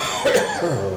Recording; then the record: coughing mixed with background sound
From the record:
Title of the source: Mid-morning Winter Coughing Fit